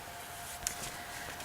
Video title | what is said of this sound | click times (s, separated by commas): Moon Unit™ - Assemble and Attach it to our AlienBees™ Ringflash | can't turn any longer that means is ready to lock into place and then | 0.7 s